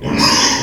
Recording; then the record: squeal of a Yucatan mini pig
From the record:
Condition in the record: before surgery on the right vocal fold (resection and tissue-engineered implant); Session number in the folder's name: 2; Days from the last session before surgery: 0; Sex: male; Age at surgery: 12 weeks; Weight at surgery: 13 kg